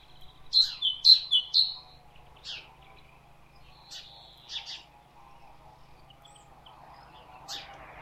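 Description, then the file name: Great tit song: one short burst of three high two-note phrases, then scattered single chirps. "Parus major"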